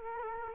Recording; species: mosquito wingbeat signal from an infrared sensor; Culex quinquefasciatus